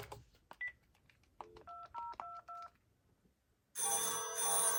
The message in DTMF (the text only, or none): 2022